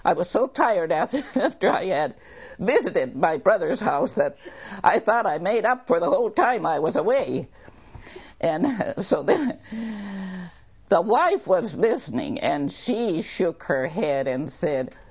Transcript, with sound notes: I was so tired af—after I had visited my brother's house that I thought I made up for the whole time I was away. (laughs) And - so then - the wife was listening and she shook her head and said